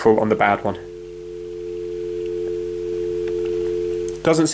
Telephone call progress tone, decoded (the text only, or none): dial tone